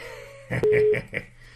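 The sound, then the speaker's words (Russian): A faint steady phone tone hums, then a quick run of about four short electronic dialing beeps sounds in an even rhythm as a woman's number is redialed, before fading back to the low tone. “Так, сейчас еще раз ей наберу.”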